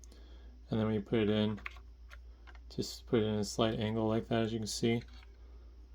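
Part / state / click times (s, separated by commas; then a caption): memory module into motherboard SO-DIMM slot / not seated / none. A laptop-style SO-DIMM memory stick is handled at a slight angle at the memory slot of a Dell OptiPlex 3080/3090 Micro mini PC's motherboard, while someone talks over a steady low hum. A few faint ticks and light handling noises sit between the words. Nothing has seated or clicked yet.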